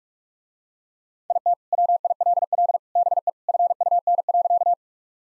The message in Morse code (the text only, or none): IT WILL BE FUN.